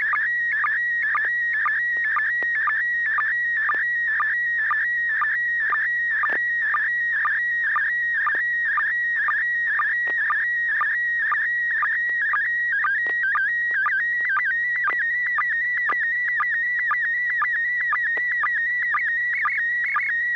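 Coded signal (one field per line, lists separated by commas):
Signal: SSTV (slow-scan television)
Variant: PD mode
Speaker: Let me see if the tone is working. Yes, sir. Good tone. Proceed. Okay, this is PD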